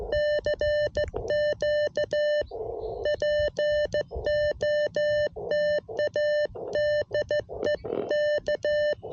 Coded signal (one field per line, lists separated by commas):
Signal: Morse code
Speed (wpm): 14 wpm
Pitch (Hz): 600 Hz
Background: none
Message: CQ POTA DE K